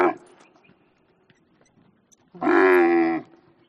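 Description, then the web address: Camel bellow, a short rough grunt followed after a pause by a sustained harsh, moaning call lasting under a second. "animals camel camel"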